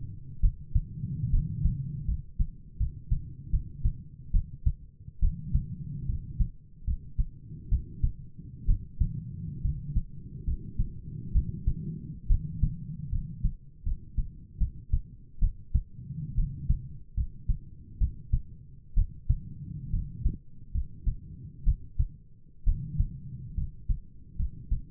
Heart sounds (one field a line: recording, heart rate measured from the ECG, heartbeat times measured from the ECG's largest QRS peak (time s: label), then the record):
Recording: heart sounds by stethoscope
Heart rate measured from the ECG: 70 bpm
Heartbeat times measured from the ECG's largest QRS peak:
0.41 s: heartbeat
1.30 s: heartbeat
2.05 s: heartbeat
2.77 s: heartbeat
3.50 s: heartbeat
4.31 s: heartbeat
5.20 s: heartbeat
6.06 s: heartbeat
6.84 s: heartbeat
7.69 s: heartbeat
8.66 s: heartbeat
9.61 s: heartbeat
10.44 s: heartbeat
11.32 s: heartbeat
12.27 s: heartbeat
13.09 s: heartbeat
13.83 s: heartbeat
14.58 s: heartbeat
15.39 s: heartbeat
16.35 s: heartbeat
17.14 s: heartbeat
17.98 s: heartbeat
18.94 s: heartbeat
19.90 s: heartbeat
20.72 s: heartbeat
21.64 s: heartbeat
22.64 s: heartbeat
23.54 s: heartbeat
24.36 s: heartbeat
From the record:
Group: healthy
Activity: rest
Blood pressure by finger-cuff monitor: 111/64 mmHg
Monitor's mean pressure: 75 mmHg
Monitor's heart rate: 71 bpm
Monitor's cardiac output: 7.9 L/min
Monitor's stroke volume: 112 mL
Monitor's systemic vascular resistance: 700 dyn s/cm5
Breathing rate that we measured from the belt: 17 breaths a minute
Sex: male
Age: 22 years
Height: 185 cm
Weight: 112.4 kg